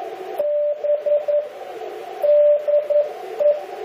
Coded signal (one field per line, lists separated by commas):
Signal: Morse code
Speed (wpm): 11 wpm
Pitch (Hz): 590 Hz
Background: radio noise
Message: B DE